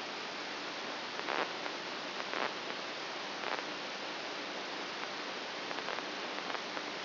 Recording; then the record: brain microelectrode recording played as sound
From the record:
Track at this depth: inside the subthalamic nucleus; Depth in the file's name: 3.44 mm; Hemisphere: right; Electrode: 2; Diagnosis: Parkinson's disease